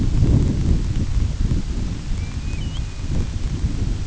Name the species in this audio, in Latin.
Pluvialis squatarola